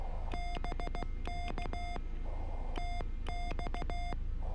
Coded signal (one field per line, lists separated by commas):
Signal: Morse code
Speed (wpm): 16 wpm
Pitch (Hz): 3500 Hz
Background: none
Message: BK TX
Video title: CW POTA CRAB at Biscayne National Park